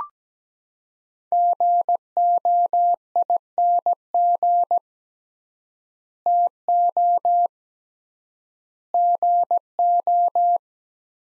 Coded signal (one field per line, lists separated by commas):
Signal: Morse code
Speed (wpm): 17 wpm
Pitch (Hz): 700 Hz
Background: none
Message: GOING TO GO